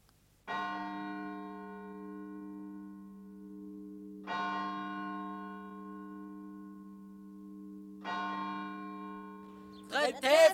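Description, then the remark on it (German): A hospital chapel tower bell tolls three times at slow, even intervals, each strike bright at first and fading into a long, low, humming ring. A voice begins speaking just at the end. “Nickt die Glocke vom Turm der Krankenhauskapelle.”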